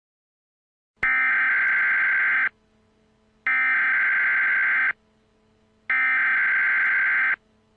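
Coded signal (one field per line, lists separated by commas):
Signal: Emergency Alert System (SAME) tones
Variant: header bursts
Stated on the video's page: Fictional Thanksgiving-themed EAS scenario, not a real alert.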